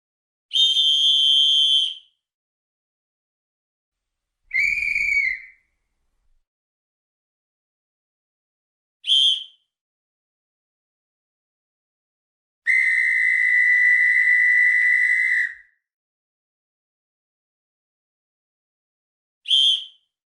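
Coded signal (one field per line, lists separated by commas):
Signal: whistle signal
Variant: sports referee whistle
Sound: five shrill referee whistle blasts of different lengths and pitches, separated by silence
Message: 5 blasts: long, medium, short, long, short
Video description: A bundle of different whistle signals or codes used by sport referees.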